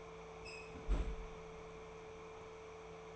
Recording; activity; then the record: daily activity, microphone in the room; close fridge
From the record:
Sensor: 1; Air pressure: 1014.9 hPa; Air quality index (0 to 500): 192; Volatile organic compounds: 21 ppm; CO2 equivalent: 2719 ppm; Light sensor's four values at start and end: 13/31/13/15 and 14/34/14/16